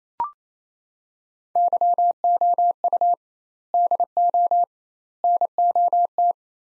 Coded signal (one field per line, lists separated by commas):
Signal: Morse code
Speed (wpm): 28 wpm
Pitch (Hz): 700 Hz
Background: none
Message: YOU DO NOT